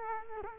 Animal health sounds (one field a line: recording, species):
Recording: mosquito wingbeat signal from an infrared sensor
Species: Culex quinquefasciatus